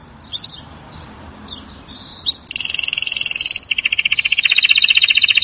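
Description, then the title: Atlantic canary song: a few faint high notes, then a loud, fast, buzzy trill that shifts pitch and runs rapidly repeated syllables to the end. "Kenari"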